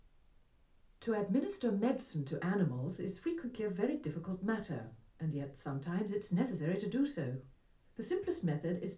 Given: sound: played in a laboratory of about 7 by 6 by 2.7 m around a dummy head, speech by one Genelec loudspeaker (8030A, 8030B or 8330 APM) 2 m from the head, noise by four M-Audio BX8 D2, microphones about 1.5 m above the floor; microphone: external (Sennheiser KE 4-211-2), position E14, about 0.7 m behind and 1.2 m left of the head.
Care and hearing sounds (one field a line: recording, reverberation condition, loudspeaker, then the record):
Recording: female speech in English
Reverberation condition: low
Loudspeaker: 120 degrees to the right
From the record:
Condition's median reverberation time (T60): about 310 ms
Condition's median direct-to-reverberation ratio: about 3.5 dB